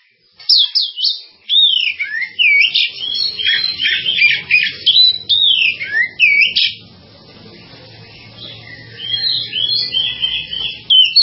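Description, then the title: Java sparrow giving a fast series of high, clipped chirps and slurred notes, pausing midway, then resuming more softly. "kicau gelatik"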